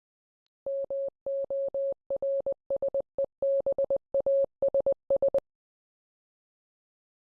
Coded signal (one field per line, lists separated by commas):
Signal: Morse code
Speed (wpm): 20 wpm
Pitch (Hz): 550 Hz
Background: none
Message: MORSEBASS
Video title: The Nascent Morsebass Project